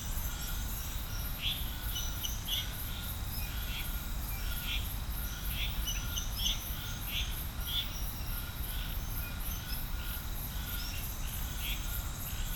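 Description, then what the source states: Frog chorus with bright chirps scattered through, over a rhythmic high-pitched insect pulse. Chorus of frogs recorded at Serrinha do Alambari, Brazil.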